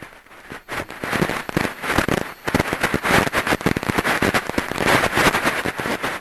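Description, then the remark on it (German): Fizzing bubbles rising in a not fully drunk glass of sparkling water standing on a table: a dense, steady crackle of countless tiny pops and ticks, fairly loud and continuous for the whole stretch, with no voices. “Und diese kleinen Bläschen, die da hochfliegen, die machen so einen Krach.”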